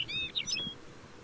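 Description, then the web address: Lapland bunting giving a brief burst of high, clear chirping and twittering notes, with faint low rumble beneath. "lapland bunting bird call"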